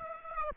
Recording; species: mosquito wingbeat signal from an infrared sensor; Aedes aegypti